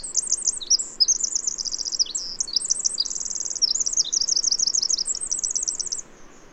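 Bird song, shrill and hurried: looping whistled notes alternate with dense rattling trills for six seconds, then fall quiet; faint hiss continues.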